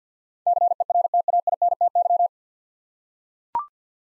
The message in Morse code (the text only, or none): CERTAINTY